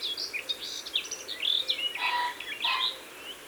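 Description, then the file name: Garden warbler song, a short run of quick, rich warbled notes mixing high whistles with lower, throaty phrases. "Fauvette des jardins ABC des chants doiseaux"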